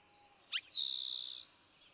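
Eastern towhee song, brief opening notes sliding down into a rapid, steady trill, heard once over quiet background.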